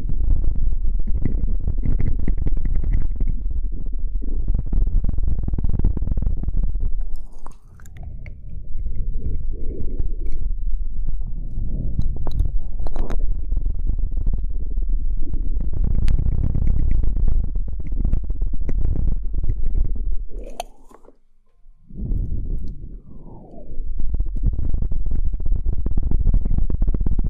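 Wet mouth sounds fill the clip: dense low smacking, chewing and squelching with frequent sharp clicks and crackles. Brief lulls come near 7 seconds and again around 20 to 23 seconds, where a few thin whistling slides rise and fall.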